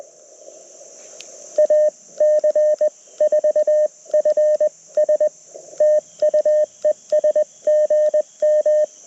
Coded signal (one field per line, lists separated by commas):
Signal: Morse code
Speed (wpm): 20 wpm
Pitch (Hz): 590 Hz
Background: radio noise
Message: AC4FS TU ES GM